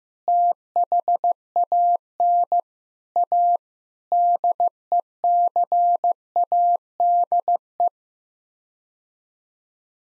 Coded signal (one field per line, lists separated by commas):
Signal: Morse code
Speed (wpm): 15 wpm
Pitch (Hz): 700 Hz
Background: none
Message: THAN A DECADE